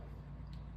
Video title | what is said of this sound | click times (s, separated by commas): Hercules 1/4 hex drill unboxing and review | you set it in there and then it doesn't click you need to help it and this is what will happen some will do | none